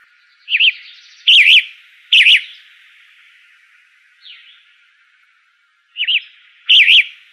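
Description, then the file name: Flame-colored tanager song: short burry warbled phrases, three in a row, a faint downslurred note, then two more after a pause. Arizona, 16 May 2004. "FCTA 3 deviche"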